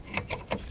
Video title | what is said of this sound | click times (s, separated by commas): How To Replace/ Upgrade Your High & Low Headlight Bulbs In Your Newer Subaru (Legacy) | he that click and lock into position too | 0.5 s